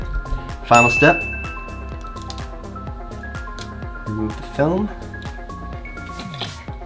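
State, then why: Not seated. Someone talks over background music while handling a plastic faceplate cover after peeling off its protective film, ready to press it onto a mounted Ring Doorbell Pro video doorbell. Brief rustles and soft knocks are heard, and the cover has not yet snapped on or seated.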